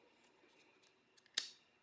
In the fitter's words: push the tip-on unit toward the lock arrow, until you hear a click sound and arrow on the tip-on unit aligned with the